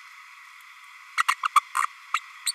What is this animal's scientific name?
Forpus passerinus